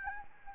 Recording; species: mosquito wingbeat signal from an infrared sensor; Anopheles gambiae